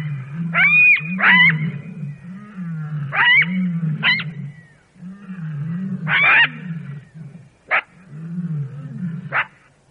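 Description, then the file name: Jackal howling and yipping: a low, wavering, moaning tone runs throughout while sharp, high, rising yelps burst out in clusters every couple of seconds. "zvuki shakala"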